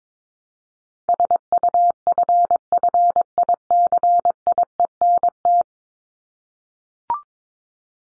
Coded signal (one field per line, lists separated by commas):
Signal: Morse code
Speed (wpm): 22 wpm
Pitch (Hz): 700 Hz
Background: none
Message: SUFFICIENT